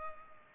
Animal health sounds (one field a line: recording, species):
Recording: mosquito wingbeat signal from an infrared sensor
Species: Culex pipiens